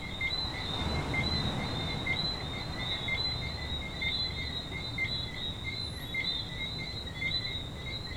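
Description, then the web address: Many coqui frogs chirping together, brief whistled notes overlapping steadily throughout, with a low rumbling noise in the background. Frogs at a beach in Venezuela. "venezuela frogs Coqui playa"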